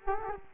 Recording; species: mosquito wingbeat signal from an infrared sensor; Culex quinquefasciatus